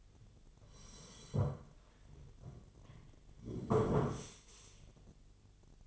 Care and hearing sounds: daily activity, microphone in the room; sit down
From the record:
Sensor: 4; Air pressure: 1008.8 hPa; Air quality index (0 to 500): 170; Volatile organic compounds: 5 ppm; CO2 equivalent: 1704 ppm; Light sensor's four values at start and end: 23/73/27/26 and 23/72/27/26

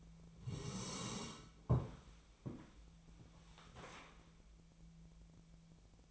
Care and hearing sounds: daily activity, microphone in the room; sit down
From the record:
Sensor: 1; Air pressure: 1000.4 hPa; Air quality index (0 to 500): 180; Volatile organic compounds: 4 ppm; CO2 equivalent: 1659 ppm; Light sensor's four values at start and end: 13/31/13/15 and 13/31/13/15

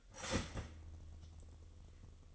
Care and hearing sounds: daily activity, microphone in the room; start toaster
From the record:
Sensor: 4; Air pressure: 1002.9 hPa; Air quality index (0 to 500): 242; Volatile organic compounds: 18 ppm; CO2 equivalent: 2624 ppm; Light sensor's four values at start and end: 19/65/24/24 and 19/66/24/24

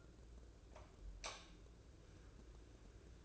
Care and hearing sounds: daily activity, microphone in the room; light off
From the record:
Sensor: 2

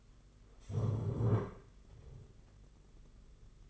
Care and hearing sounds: daily activity, microphone in the room; stand up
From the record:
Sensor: 4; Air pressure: 992.5 hPa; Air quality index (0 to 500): 119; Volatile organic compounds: 28 ppm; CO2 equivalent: 2911 ppm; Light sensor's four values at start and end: 20/72/26/28 and 20/72/26/28

